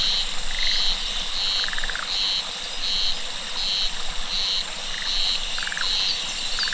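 Cicada song of repeated buzzy pulses. Lower rattling trills break in now and then.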